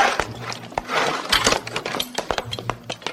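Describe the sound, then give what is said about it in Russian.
Someone rummages through a desk drawer, producing a busy stream of clattering, clinking small objects and wooden knocks, irregular and moderately loud for about three seconds, with no voices. “Роется в ящике стола.”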